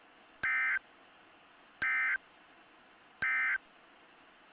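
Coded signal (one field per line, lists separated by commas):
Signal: Emergency Alert System (SAME) tones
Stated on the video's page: Valid EAS tones in self-made EAS screen recreations.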